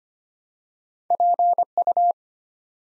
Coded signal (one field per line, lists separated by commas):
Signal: Morse code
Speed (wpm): 25 wpm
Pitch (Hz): 700 Hz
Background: none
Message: PU